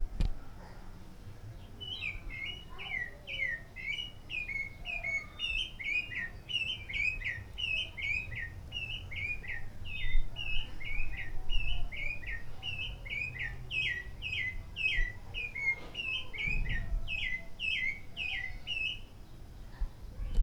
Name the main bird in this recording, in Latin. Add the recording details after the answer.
Turdus pelios. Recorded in Lake Mburo, Uganda